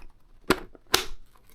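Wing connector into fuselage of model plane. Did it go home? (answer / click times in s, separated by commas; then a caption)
yes / 0.5 s, 1.0 s. A foam wing of a Heewing T1 model plane is slid onto the spar and pushed until its connector clicks into the fuselage. Two sharp clicks are heard at about 0.5 and 1.0 seconds, with faint ticks around them. The wing connector seats with a satisfying click.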